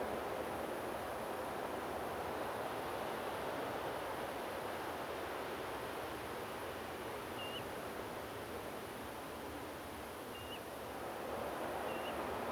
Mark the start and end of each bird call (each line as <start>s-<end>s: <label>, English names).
10.34s-10.58s: Common Ringed Plover
11.88s-12.11s: Common Ringed Plover